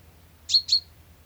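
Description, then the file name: Common chaffinch call: a quick pair of sharp, metallic 'pink' notes, each with a brief ringing tail, over a quiet low hum. "Fringilla coelebs"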